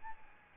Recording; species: mosquito wingbeat signal from an infrared sensor; Aedes albopictus